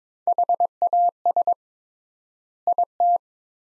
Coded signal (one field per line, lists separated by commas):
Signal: Morse code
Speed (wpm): 22 wpm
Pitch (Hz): 700 Hz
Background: none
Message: HAS IT